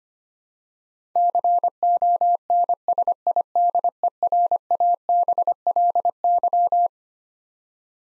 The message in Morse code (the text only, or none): CONSIDERABLY